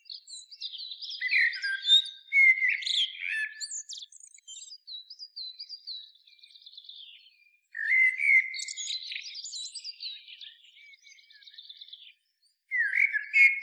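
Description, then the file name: Common blackbird's song: two long phrases of low fluty warbling mixed with rapid high squeaky twitters, and a third phrase starting at the end. "Turdus merula"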